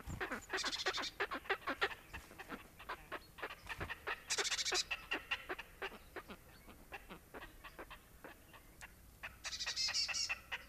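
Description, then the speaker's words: Red-necked Grebe chattering in quick uneven pulses, with short bursts of higher rasping noise interrupting the series. Played-back recording; the call is described as loud bellowing. "Näin siis röökkii härkälintu."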